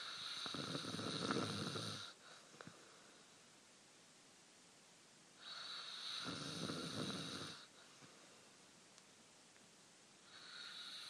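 Snoring from an adult sleeper: three loud, rattling inspiratory snores of about two seconds each recur every five seconds, roughly 12 breaths a minute, with quiet exhalations between. The rough, buzzing quality is typical of ordinary snoring from vibration of the soft tissues of the upper airway.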